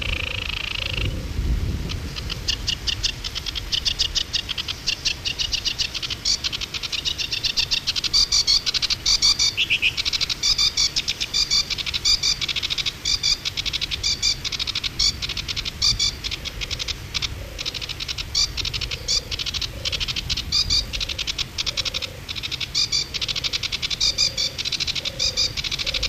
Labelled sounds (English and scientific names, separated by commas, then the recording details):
Sedge Warbler (Acrocephalus schoenobaenus) song
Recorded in the wild
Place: Illmitz, AT
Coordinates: 47.7544, 16.7631
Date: 1964-05-19
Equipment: Uher Report 4000, AKG D190
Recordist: Krey, Winfried